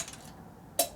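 A click-type torque wrench, apparently set to 18, tightens a bolt on the engine of a 2008 Harley-Davidson 110ci CVO Twin Cam FXD Dyna during a motor rebuild. After quiet low background noise, a single sharp, bright metallic click rings out at 0.8 s and fades within a fraction of a second. The click confirms the wrench has reached its torque setting.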